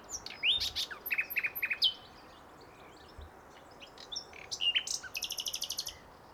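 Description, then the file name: Common nightingale song: quick chirps and whistled notes, then a fast, buzzy trill of repeated high notes, with a steady background hiss. "Luscinia megarhynchos"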